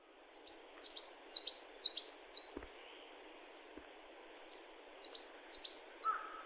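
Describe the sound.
Bird song: very high, thin notes that slide downward, given rapidly in a run of about three seconds, then a pause and another run, over a soft steady hiss.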